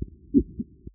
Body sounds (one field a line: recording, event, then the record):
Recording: neck accelerometer signal played as sound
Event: voluntary cough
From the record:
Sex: female